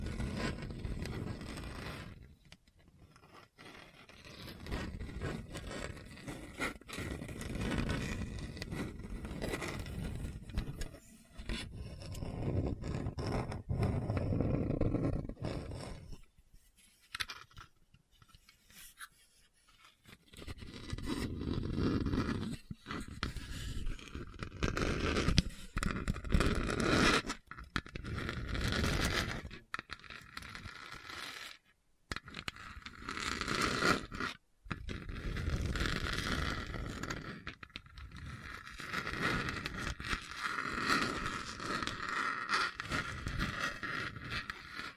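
Hard, bumpy scratching across a surface, rough and grinding, coming in long stretches broken by short silent gaps near 3, 17–20, 32 and 35 seconds. The scraping is dense and uneven, heavy in the low range with gritty upper texture, louder in the second half.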